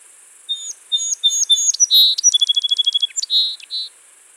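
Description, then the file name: Song sparrow song: a few sharp introductory notes, then a rapid even trill of about ten clicks, ending in buzzy, burry notes, over a steady high hiss. "Melospiza melodia - Song Sparrow"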